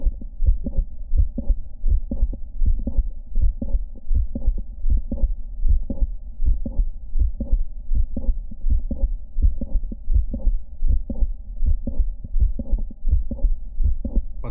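Regular heart sounds at about 80 beats a minute over a steady low hum, in an adult with Marfan syndrome, myxomatous degeneration and mitral valve prolapse, now squatting: the midsystolic click and the onset of the late systolic murmur have shifted later, toward the second heart sound, as left ventricular volume increases.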